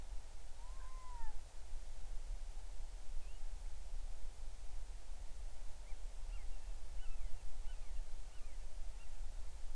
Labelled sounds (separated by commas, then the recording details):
bird
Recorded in the Arctic National Wildlife Refuge, Alaska, on 20 July 2019 at 02:57
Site 38